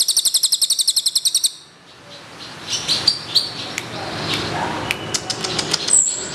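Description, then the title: Bird trill, a rapid series of high buzzy pulses for about one and a half seconds, then a noisy background with scattered faint chirps and a brief high whistle near the end. "SUARA BURUNG"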